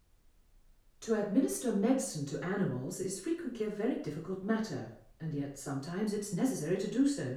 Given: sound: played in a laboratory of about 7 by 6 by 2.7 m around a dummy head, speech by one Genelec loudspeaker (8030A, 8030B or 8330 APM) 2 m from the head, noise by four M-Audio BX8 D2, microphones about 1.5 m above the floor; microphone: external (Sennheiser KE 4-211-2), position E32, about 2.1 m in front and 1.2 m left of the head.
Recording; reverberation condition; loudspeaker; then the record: female speech in English; medium; 90 degrees to the right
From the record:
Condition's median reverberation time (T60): about 510 ms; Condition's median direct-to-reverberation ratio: about -0.5 dB